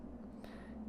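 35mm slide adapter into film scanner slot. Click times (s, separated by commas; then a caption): 0.4 s. A plastic 35mm slide adapter holding a slide is pushed into the slot of an ITNS 500 film scanner. Over a steady low hum, a single short, sharp click is heard at 0.4 s as the adapter clicks into position and seats.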